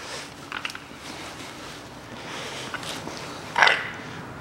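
A retaining snap ring is spread and released onto the output shaft of the manual gearbox of a 2008 Chevrolet Lanos during a bearing replacement, locking the bearings in place. A few light metallic ticks around 0.5–0.8 s are followed by a sharp snap at 3.6 s as the ring seats. Both bearings are confirmed seated and locked on the shafts.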